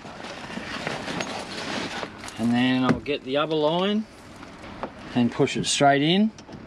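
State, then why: Not seated. Someone talks while handling the second air line's quick-connect coupling, getting ready to push it straight into the pressure control port of the tyre compressor unit, with a few brief handling knocks. Nothing has seated or clicked yet.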